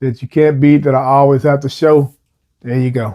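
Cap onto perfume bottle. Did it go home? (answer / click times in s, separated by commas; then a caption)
no / none. A cap is being handled onto a perfume bottle while someone talks, with a brief quiet pause before the talking resumes. Nothing has seated or clicked into place yet.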